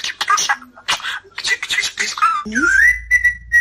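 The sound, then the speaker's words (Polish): A rose-ringed parakeet gives a run of raspy, voice-like chattering bursts, then a clear whistle that swoops upward and holds a steady high pitch before breaking into short repeated notes. “Aleksandretty obrożne były bardzo chętnie sprowadzane do Europy właśnie ze względu na to, że potrafią naśladować dźwięki.”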